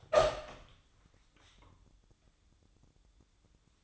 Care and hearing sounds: daily activity, microphone in the room; open door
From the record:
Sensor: 3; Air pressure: 1004.9 hPa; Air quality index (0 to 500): 68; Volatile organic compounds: 2 ppm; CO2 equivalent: 1004 ppm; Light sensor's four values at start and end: 9/20/8/8 and 9/21/8/8

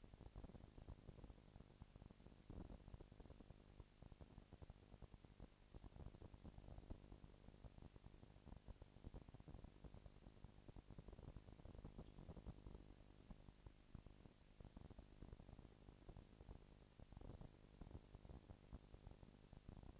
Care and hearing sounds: daily activity, microphone in the room; no activity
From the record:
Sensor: 5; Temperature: 20.1 degrees Celsius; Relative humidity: 38.2%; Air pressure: 998.9 hPa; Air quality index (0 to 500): 218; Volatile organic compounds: 24 ppm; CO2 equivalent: 2803 ppm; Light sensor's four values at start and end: 2/3/1/1 and 2/3/1/1

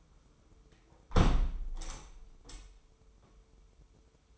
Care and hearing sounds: daily activity, microphone in the room; close window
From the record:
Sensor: 1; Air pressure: 995.7 hPa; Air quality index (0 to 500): 45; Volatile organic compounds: 1 ppm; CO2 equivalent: 797 ppm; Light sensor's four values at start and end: 30/104/40/42 and 30/103/40/41

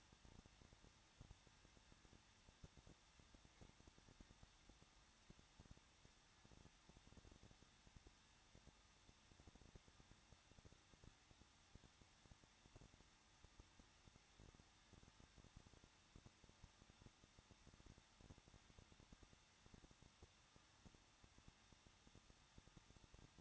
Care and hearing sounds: daily activity, microphone in the room; no activity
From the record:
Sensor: 3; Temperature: 21.2 degrees Celsius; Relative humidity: 36.3%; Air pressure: 1006.3 hPa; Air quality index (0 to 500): 221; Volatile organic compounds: 40 ppm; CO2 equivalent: 3155 ppm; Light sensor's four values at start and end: 2/3/2/2 and 2/3/2/2

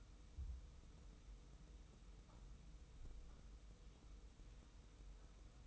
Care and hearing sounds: daily activity, microphone in the room; wipe stove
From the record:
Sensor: 1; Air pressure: 990.5 hPa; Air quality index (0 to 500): 179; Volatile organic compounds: 1000 ppm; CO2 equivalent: 6594 ppm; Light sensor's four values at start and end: 31/73/31/34 and 31/73/31/34

